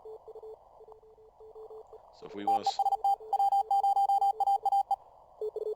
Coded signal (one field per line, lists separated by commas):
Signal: Morse code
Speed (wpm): 37 wpm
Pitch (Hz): 790 Hz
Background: speech, radio noise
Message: TEST W0AAE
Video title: Spotting CW signals with the N4PY software